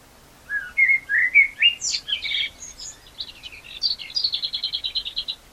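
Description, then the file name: Common blackbird singing: a rising run of mellow whistled notes, then squeaky high twittering and a fast even trill of repeated notes at the end. "Turdus merula"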